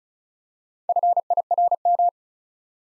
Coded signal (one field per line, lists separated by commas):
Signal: Morse code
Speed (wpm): 36 wpm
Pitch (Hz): 700 Hz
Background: none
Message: FIRM